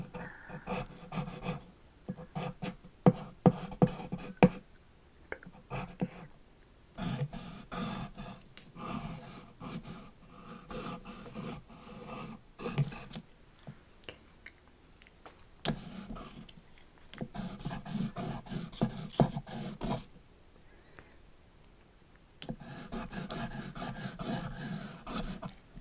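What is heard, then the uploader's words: Layered mouth sounds fill the clip: wet clicks, smacks and pops stacked over a low, murmuring hum. Sharp click bursts cluster early and around 16–20 seconds, with brief near-silent gaps near 14 and 21 seconds before a dense stretch returns to close. ASMR You're My Canvas (Intense Layered Sounds, Mouth Sounds).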